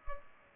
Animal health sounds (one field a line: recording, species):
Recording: mosquito wingbeat signal from an infrared sensor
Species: Culex pipiens